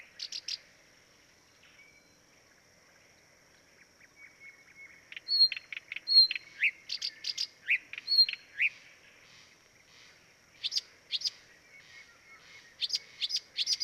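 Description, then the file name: Blyth's reed warbler singing short whistled notes interspersed with clicks and harsh chacks, in loose repeated phrases with pauses. Dviete. "dviete acrocephalus dumetorum"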